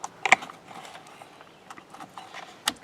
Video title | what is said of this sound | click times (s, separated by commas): How To Replace A Clock Spring - Tips & Tricks Jeep Cherokee XJ | there you go nice little satisfying clip now this one will go right here | 2.7 s